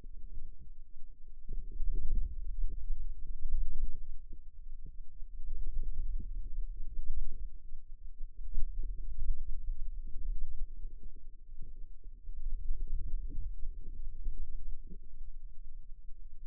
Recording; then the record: forearm muscle sounds (acoustic myography)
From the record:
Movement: radial deviation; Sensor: system 2, bracelet of six BSWA MPA416 microphones around the upper forearm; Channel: 1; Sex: female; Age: 22 years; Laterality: right